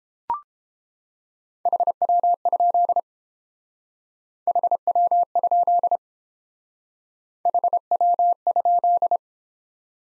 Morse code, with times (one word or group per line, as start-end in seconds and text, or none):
1.7-3.0 HW?
4.5-6.0 HW?
7.5-9.2 HW?